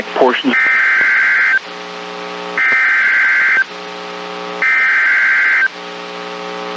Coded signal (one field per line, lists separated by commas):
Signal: Emergency Alert System (SAME) tones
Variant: header bursts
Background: speech